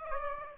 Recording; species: mosquito wingbeat signal from an infrared sensor; Aedes aegypti